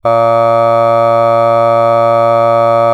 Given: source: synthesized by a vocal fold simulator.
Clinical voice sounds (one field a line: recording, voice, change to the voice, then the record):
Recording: sustained vowel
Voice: male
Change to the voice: aspiration noise (breathiness), level 2 of 10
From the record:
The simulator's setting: 0.26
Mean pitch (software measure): 115 Hz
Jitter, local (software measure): 0.22%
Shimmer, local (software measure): 1.1%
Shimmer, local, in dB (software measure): 0.09 dB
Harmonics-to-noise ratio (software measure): 30.3 dB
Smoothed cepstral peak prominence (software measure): 22.6 dB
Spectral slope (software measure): -17.2 dB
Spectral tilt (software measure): -9.4 dB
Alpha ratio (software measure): -7.6 dB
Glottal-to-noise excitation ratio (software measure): 0.993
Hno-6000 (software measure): 2.3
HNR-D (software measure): 24.2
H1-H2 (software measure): 4.9 dB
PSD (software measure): 2.1e-05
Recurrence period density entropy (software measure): 0.111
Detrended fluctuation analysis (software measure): 0.0541